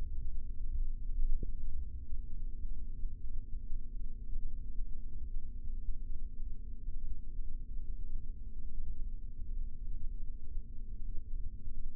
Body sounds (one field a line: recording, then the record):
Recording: forearm muscle sounds (acoustic myography)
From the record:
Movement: rest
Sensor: system 3, bracelet of six PUI Audio POM-2738L microphones around the upper forearm, with dedicated amplification and filtering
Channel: 5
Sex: male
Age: 26 years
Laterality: right